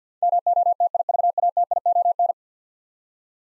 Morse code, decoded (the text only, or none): MOTIVATION